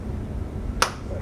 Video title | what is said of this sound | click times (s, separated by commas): FAU Pre-Dental Mentorship Hands-on Course "Intro to Dentistry" Session 4 Restorative Lab Skills 1 | that you'll hear it snap and now you have a segment | 0.8 s